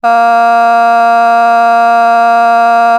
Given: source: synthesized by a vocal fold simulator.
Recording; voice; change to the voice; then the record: sustained vowel; female; vocal strain, level 5 of 10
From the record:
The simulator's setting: 0.44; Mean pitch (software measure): 233 Hz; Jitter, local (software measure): 0.40%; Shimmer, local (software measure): 1.7%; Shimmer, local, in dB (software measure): 0.15 dB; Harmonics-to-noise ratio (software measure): 27.4 dB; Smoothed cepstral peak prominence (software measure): 21.5 dB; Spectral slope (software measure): -17.9 dB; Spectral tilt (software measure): -7.4 dB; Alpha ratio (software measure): -8.4 dB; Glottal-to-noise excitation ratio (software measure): 0.991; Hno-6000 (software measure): 2.1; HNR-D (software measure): 41.4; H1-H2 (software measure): -1.1 dB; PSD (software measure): 2.1e-05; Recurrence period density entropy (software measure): 0.128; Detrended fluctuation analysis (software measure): 0.0106